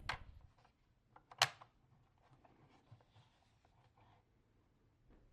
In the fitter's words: Installing the spacer is super simple and it snaps right in.